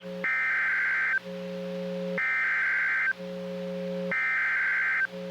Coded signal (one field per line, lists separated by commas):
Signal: Emergency Alert System (SAME) tones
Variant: header bursts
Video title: Severe Thunderstorm Warning (EAS #752)